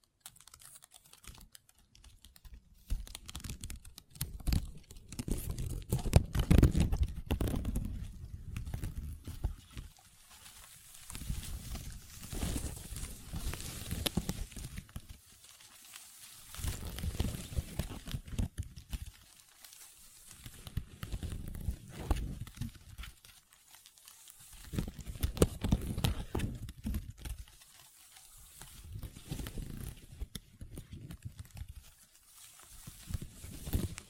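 Long nails tap and scratch across a tabletop in dense, crackly bursts, each lasting a few seconds before a short pause. The scratching is mostly low and rustling with crisp clicks on top, returning in roughly regular waves throughout, with no talking.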